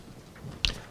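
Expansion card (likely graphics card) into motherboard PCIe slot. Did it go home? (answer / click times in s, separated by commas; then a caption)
yes / 0.7 s. An expansion card, likely a graphics card, is slid into a motherboard PCIe slot after the slot latch is opened. Faint low rumble gives way to a single sharp click at 0.6 s, with a bright burst around 3–5 kHz. The card seats and is accepted as good enough, with the HDMI cable to be moved next.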